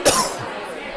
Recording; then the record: coughing mixed with background sound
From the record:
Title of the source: Coughing 79